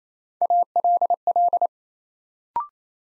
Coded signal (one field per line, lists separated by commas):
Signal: Morse code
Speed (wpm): 28 wpm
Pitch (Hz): 700 Hz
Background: none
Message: ALL